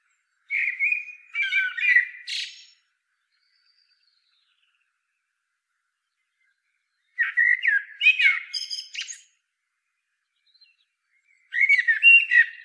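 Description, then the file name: Eurasian blackbird delivering mellow, warbled whistles that break into shrill squeaky flourishes, three phrases separated by long pauses. "Turdus merula"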